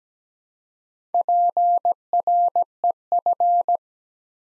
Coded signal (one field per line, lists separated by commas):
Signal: Morse code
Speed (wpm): 17 wpm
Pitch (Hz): 700 Hz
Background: none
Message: PREF